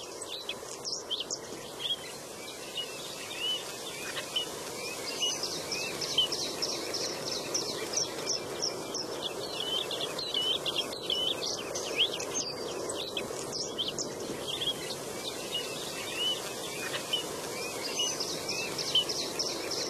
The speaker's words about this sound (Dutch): Zachtjes op de achtergrond, aan de andere kant van het water, hoor je de geoorde futen.